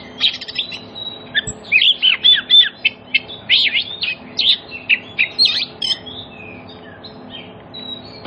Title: Cukup Hitungan Menit Kacer Lain Bisa Bunyi. CUKUP 5 Menit Kacer LAIN NYAUT JADI GACOR, PANCINGAN KACER MACET BUNYI